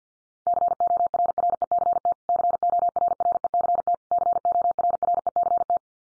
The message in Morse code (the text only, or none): CORRECT CORRECT CORRECT